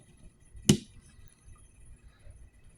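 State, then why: Seated. The combined-mode head of a plastic Transformers Age of the Primes Sliverbolt transforming figure is folded into the figure's torso until it clicks into place. A single sharp, loud click lands at 0.7 s over quiet low background noise. The head is seated.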